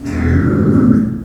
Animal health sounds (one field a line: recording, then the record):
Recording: squeal of a Yucatan mini pig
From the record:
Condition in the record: after surgery on the right vocal fold (resection and tissue-engineered implant)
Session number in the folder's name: 7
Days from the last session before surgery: 47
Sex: female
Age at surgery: 19 weeks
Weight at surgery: 25 kg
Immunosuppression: prednisolone